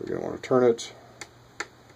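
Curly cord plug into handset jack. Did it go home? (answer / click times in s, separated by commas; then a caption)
yes / 1.6 s. Someone talks while the plastic modular plug on a Polycom 450's curly cord is turned and pushed into the sideways jack on the handset. A faint tick comes at 1.2 s, then a sharp click at 1.6 s as the plug seats in the jack.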